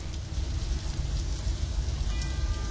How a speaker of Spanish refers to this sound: Lluvia. …. El …